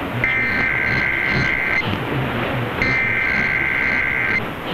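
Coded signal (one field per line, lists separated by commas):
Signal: Emergency Alert System (SAME) tones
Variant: header bursts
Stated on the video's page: Test run correctly by a TV station.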